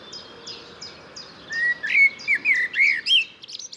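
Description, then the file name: Eurasian blackbird song: a run of short, sharp high notes repeated evenly, then low fluty warbled whistles ending in squeaky twitters. "Turdus merula"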